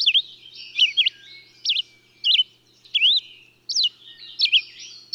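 Bird song of clear, high, looping whistled notes in brisk phrases, each burst followed by a brief pause and faint twittering underneath.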